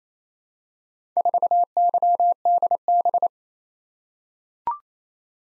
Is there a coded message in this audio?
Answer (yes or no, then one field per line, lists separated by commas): yes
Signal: Morse code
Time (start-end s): 1.2-3.3 s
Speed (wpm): 27 wpm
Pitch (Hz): 700 Hz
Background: none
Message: 4YDB